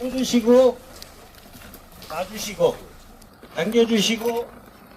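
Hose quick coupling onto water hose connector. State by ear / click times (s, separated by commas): not seated / none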